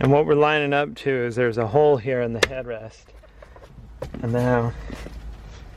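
Someone talks while lining up a plastic headrest guide piece with the hole in the seat backrest frame of a 2006-2013 Mercedes-Benz S-Class W221 S550 front seat. After the talking, the piece is handled, with a few faint short knocks around 3.4 s and 4.0 s before the talking resumes. Nothing has seated or clicked yet.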